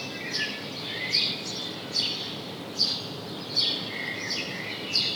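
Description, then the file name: House sparrow call notes, about six sharp falling chirps spaced roughly a second apart, above a constant low hiss. "Passer domesticus"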